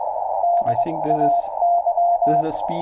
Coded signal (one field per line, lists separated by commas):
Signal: Morse code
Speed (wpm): 22 wpm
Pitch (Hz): 690 Hz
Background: speech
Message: DAY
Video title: Back into CW... (Live Stream) | HamRadio